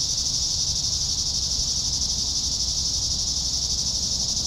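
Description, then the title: High, unwavering cicada buzz with a faint fast shimmer, accompanied by low-pitched background rumble. "neoscenes: cicadas"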